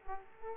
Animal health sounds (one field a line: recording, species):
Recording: mosquito wingbeat signal from an infrared sensor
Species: Aedes aegypti